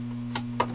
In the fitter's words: and she locks in place real easily so